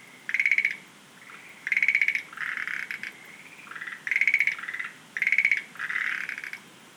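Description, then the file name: Schlegel's green tree frogs trading pulsed rattling calls, bright clicking trills alternating with lower, buzzier answering rattles in quick succession. "rodolphe alexis - rhacophorus schlegelii"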